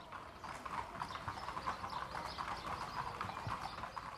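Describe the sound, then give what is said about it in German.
Steady, rhythmic hoofbeats of the mare Nightflower being ridden in training, a continuous clip-clop of dull thuds at an even pace with a faint breathy hiss underneath and no voices. “Ich werde auch im Diana-Trail reiten, aber nicht die Stute, die ich jetzt hier im Training reite, nicht Nightflower, sondern Shivajia von Herrn Stech.”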